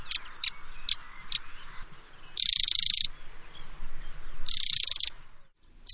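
Bird calls: harsh, hissing high bursts, some a little over half a second long, mixed with short sharp notes, over low background noise.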